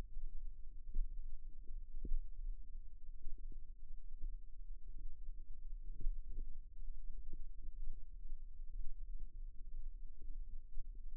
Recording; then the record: forearm muscle sounds (acoustic myography)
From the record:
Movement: rest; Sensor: system 2, bracelet of six BSWA MPA416 microphones around the upper forearm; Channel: 5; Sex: male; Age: 22 years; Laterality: right